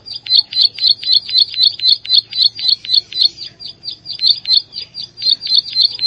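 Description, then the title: Plain Prinia song of quick, high, snapping notes repeated in a steady rhythm, close to four per second, with a short stumble midway. "Ciblek Sawah"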